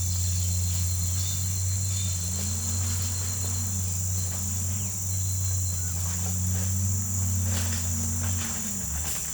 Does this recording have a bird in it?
yes